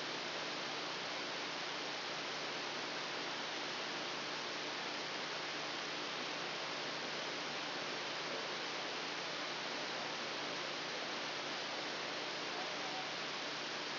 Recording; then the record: brain microelectrode recording played as sound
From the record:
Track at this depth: outside the subthalamic nucleus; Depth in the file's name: 0.315 mm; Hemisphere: left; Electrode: 2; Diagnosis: Parkinson's disease